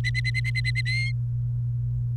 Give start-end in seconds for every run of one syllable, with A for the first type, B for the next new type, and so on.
0.00-0.81 A, 0.86-1.12 B